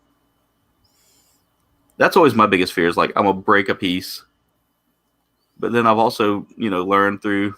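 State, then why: Not seated. A plastic foot armor piece is pressed onto the leg frame of a plastic model kit, but it does not snap into place; he is afraid to force it for fear of breaking it. Someone talks from about 2.0 to 4.2 s and again from 5.6 s to the end, with only a faint sound near 0.9 s. Nothing has seated or clicked yet.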